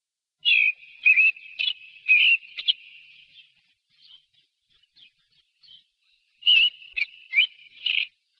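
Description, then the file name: Thrush song with a rapid run of whistled notes, a few soft scattered notes during a quieter stretch, then a second lively burst of varied phrases. "zorzal"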